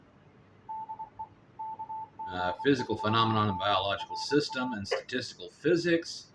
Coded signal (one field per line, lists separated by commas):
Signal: Morse code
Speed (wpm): 24 wpm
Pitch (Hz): 880 Hz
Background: speech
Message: DE KG4MRA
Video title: RadioShack Pro-2052: MCV/VCU; Mic fright resolved